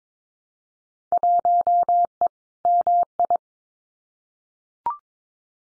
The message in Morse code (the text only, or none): 1E MI